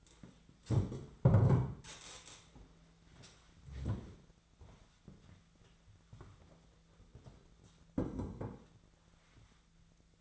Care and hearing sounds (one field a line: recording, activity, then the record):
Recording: daily activity, microphone in the room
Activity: stand up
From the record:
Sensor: 3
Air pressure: 1008.1 hPa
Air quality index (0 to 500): 191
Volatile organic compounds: 14 ppm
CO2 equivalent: 2457 ppm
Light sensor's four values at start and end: 12/29/12/12 and 12/28/12/12